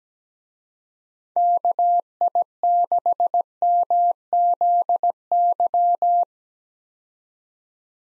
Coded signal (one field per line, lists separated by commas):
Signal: Morse code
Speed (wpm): 17 wpm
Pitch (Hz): 700 Hz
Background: none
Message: KI6MZY